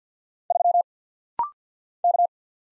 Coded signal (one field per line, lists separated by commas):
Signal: Morse code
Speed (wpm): 48 wpm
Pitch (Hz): 700 Hz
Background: none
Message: 3 K